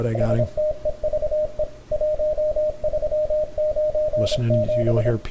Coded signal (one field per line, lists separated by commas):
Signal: Morse code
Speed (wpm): 26 wpm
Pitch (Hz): 610 Hz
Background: speech, radio noise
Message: STEVE 1397